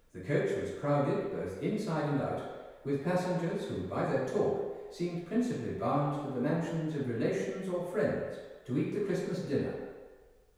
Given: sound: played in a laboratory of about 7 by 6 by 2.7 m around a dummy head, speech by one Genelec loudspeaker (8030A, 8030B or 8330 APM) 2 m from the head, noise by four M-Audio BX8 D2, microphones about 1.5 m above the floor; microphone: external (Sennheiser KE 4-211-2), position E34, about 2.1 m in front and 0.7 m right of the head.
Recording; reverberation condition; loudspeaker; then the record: male speech in English; high; 150 degrees to the right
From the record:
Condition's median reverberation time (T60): about 1300 ms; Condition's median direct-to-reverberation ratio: about -4.0 dB